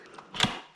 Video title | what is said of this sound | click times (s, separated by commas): UPPAbaby Ridge vs Mountain Buggy Terrain Pushchair Review | and again this should just pop into place | 0.4 s